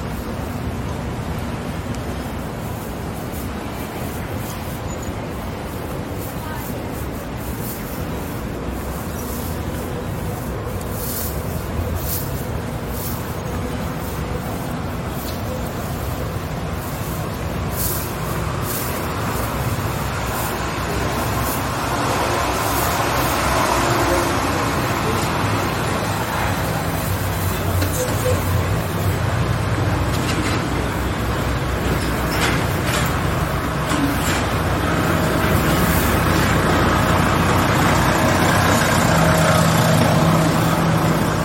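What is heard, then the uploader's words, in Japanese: A walk along a busy city street with trams, passing vehicles and the murmur of pedestrians' voices. The dense, steady roar grows louder and brighter after about twenty seconds, with frequent sharp clicks and knocks and brief tones near the end. George Street を Circular Quay から Townhall まで歩く。ビジネスマンが忙しく行き交うビジネス街を歩きながらいろんな音を楽しみます。TRAMの音 歩く人たちの声 歩行者用信号の音 工事の音。ステレオ音声。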